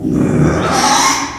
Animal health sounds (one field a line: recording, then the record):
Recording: squeal of a Yucatan mini pig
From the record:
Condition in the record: after surgery on the right vocal fold (resection and tissue-engineered implant)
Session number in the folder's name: 3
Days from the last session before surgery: 33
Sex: male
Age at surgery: 12 weeks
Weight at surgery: 13 kg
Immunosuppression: cyclosporine, prednisolone